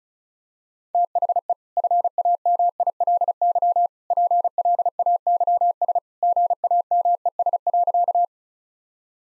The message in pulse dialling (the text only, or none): none